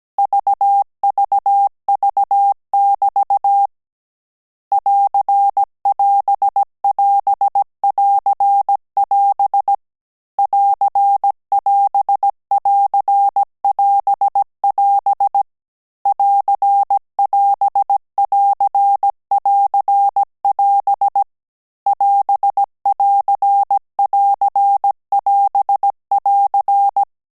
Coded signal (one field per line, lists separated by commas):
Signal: Morse code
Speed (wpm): 17 wpm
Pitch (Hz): 800 Hz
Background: none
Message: VVV<BT> <AR><AS><AS><AR><AS> <AR><AS><AR><AS><AS> <AR><AS><AR><AR><AS> <AS><AR><AR><AS><AR>